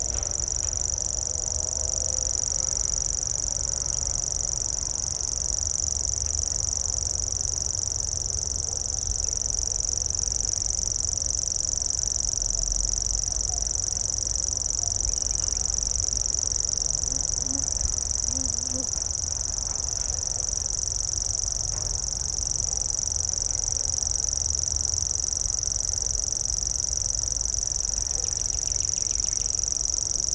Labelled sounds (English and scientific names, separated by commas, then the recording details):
Common Grasshopper Warbler (Locustella naevia) song
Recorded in the wild
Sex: male
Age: adult
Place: Malchower Aue, Berlin, DE
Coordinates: 52.5667, 13.4833
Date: 1990-05-16 21:33
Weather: 14,5 °C
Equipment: Uher 4400 Report Monitor, Sennheiser MKH 416 T
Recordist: Frommolt, Karl-Heinz